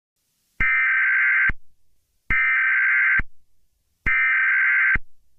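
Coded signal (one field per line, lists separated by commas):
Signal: Emergency Alert System (SAME) tones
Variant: header bursts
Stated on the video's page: Fictional EAS scenario of an EF9 tornado.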